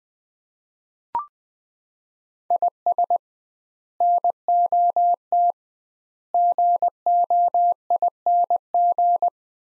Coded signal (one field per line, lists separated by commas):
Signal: Morse code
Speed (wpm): 20 wpm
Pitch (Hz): 700 Hz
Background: none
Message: IS NOT GOING